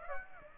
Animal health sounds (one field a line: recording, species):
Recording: mosquito wingbeat signal from an infrared sensor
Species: Aedes aegypti